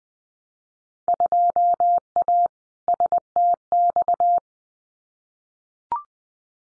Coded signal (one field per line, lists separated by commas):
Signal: Morse code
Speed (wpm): 20 wpm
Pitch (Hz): 700 Hz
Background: none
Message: 2A STX